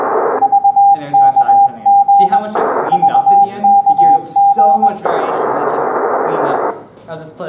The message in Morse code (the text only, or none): VKG VKG